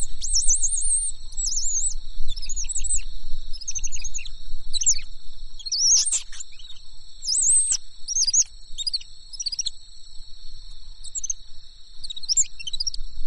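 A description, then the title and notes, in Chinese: A bird sings in quick, high twittering phrases, with looping chirps and trills that come and go throughout, busiest in the first second and around six to eight seconds. Steady high insect-like buzzing holds underneath, along with a low rumble the whole time. 声音很好听，不知道是什么鸟。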